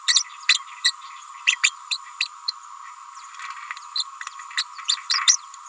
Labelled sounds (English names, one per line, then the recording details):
Green-rumped Parrotlet babbling
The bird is a female
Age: 29 days
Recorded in a nest box in Venezuela
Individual 17B31A3